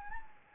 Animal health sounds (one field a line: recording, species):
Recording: mosquito wingbeat signal from an infrared sensor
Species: Anopheles gambiae